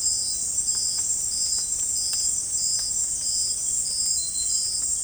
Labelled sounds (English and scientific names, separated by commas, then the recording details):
none
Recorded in dense forest near Puerto Asís, Putumayo, Colombia, on 27 June 2025 at 18:30
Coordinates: 0.503, -76.323
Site G059